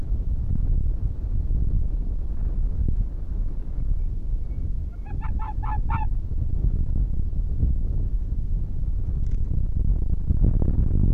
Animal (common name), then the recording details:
Arctic Fox. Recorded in the wild. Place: Insel Mednyi, Kommandeur-Inseln, RU. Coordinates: 54.5167, 168.083. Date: 1999-08-05. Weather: 7°C, bedeckt, starker Westwind. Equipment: Sony WM-D6C, Sennheiser ME 80, K 30 AV, Windkorb, Kopie Tascam DA 30. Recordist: Jakupi, Antje